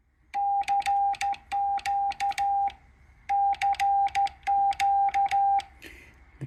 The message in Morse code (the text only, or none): CQ CQ